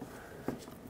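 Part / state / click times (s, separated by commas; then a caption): ABS wheel speed sensor connector into vehicle harness connector / seated / 0.5 s. The plastic connector of a front ABS wheel speed sensor on a 1997-2003 Ford F-150 is clipped into the vehicle's main harness connector. One faint click is heard at 0.5 s as it seats.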